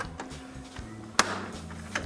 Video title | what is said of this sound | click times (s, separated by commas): Butch Installs Wheel Well & Rocker Moldings on Our ’67 Camaro! 💪✨ #ChromeTrimInstall | Hear it snapping. | 1.2 s